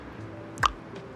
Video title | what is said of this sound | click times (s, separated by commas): Apollo 125cc Pit Dirt Bike How To Make Faster | go to where there's an opening, and then you can pop this guy off. | 0.7 s